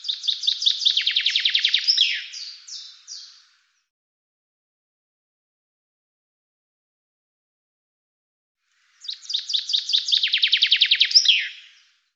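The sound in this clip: Bird song, two bright high phrases, each a fast descending trill of sharp notes that ends in a brief flourish, separated by about five and a half seconds of silence.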